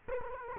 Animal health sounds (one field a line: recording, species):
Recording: mosquito wingbeat signal from an infrared sensor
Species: Culex quinquefasciatus